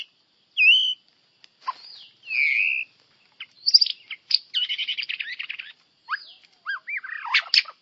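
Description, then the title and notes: White-rumped shama song: whistled notes, a drawn-out buzzy whistle, then fast chattering trills and swooping phrases. Champion bird; melodious song. "Murai Juara. Suara burung murai merdu"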